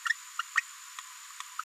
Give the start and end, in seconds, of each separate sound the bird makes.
0.05-0.13, 0.38-0.42, 0.55-0.61